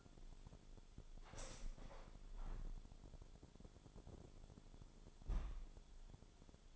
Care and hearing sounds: daily activity, microphone in the room; open window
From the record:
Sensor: 5

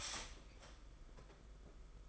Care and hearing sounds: daily activity, microphone in the room; start toaster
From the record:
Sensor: 5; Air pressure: 991.8 hPa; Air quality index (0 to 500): 168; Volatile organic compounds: 438 ppm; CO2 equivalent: 4731 ppm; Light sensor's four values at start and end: 33/109/41/44 and 33/109/41/43

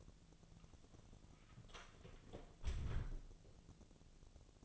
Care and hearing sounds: daily activity, microphone in the room; close door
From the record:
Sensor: 4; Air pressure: 1001.2 hPa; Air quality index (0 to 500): 183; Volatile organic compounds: 2 ppm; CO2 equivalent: 1309 ppm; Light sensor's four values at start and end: 15/34/14/14 and 17/39/16/16

